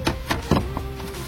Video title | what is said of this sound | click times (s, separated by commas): Protection de pare-chocs Carbest - Installation sur Nissan Primastar | on appuie bien. Vous entendez le petit clip. | 0.1 s, 0.3 s